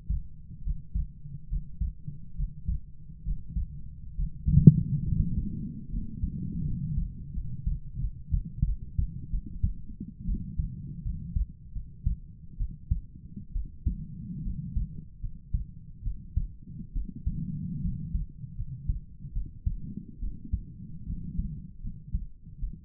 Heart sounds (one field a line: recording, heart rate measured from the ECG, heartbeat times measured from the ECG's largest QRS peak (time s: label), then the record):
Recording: heart sounds by stethoscope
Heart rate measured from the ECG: 74 bpm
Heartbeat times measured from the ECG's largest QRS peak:
0.63 s: heartbeat
1.49 s: heartbeat
2.36 s: heartbeat
3.24 s: heartbeat
4.15 s: heartbeat
5.05 s: heartbeat
5.90 s: heartbeat
6.65 s: heartbeat
7.34 s: heartbeat
8.00 s: heartbeat
8.66 s: heartbeat
9.31 s: heartbeat
10.27 s: heartbeat
11.03 s: heartbeat
11.74 s: heartbeat
12.58 s: heartbeat
13.53 s: heartbeat
14.44 s: heartbeat
15.21 s: heartbeat
16.04 s: heartbeat
16.94 s: heartbeat
17.82 s: heartbeat
18.57 s: heartbeat
19.34 s: heartbeat
20.21 s: heartbeat
21.06 s: heartbeat
21.82 s: heartbeat
22.60 s: heartbeat
From the record:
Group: healthy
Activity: breath hold 0-6 s, rest 6-23 s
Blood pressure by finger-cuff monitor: 105/54 mmHg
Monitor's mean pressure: 73 mmHg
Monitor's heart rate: 70 bpm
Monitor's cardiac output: 7.3 L/min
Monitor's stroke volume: 97 mL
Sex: female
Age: 22 years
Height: 160 cm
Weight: 63 kg